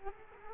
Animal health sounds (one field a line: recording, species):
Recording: mosquito wingbeat signal from an infrared sensor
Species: Culex quinquefasciatus